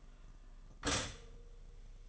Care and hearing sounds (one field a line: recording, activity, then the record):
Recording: daily activity, microphone in the room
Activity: stop toaster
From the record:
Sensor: 4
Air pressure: 1005.0 hPa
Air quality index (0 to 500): 188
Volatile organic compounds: 6 ppm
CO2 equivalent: 1845 ppm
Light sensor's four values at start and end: 18/60/22/21 and 17/56/21/19